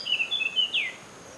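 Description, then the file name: Eurasian blackcap giving a short, bright warbled phrase of high twittering notes ending in a louder rising-then-falling flourish, over a faint steady hiss. "Sylvia atricapilla"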